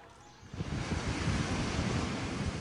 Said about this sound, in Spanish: Las olas rompen en la costa, a las afueras del Aaiún.